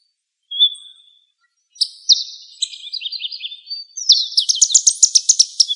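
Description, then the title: Bird song: a thin whistled note, then a pause before a varied, high phrase of buzzy notes and quick chips ending in a fast, loud repeated trill. "LuckyPassaro Completos2Sama"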